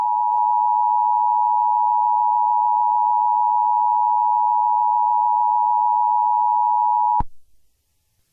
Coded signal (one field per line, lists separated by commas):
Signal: Emergency Alert System (SAME) tones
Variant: 853 and 960 Hz attention tone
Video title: EAS Scenario/Analog) The Extreme Tornado